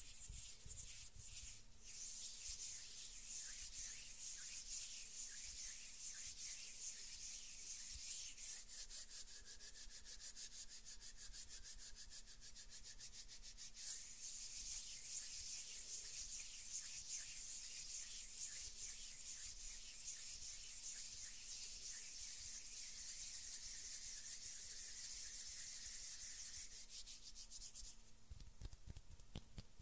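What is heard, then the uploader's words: Hands rub together in a steady, dense, bright hiss of skin on skin, with fast fine strokes running through the whole stretch. The friction keeps an even level, and a faint low hum sits underneath; the rubbing shifts texture briefly near the end. ASMR RELAXING HAND SOUNDS - NO TALKING.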